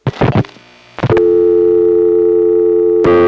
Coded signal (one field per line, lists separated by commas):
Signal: telephone call progress tone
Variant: North America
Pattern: dial tone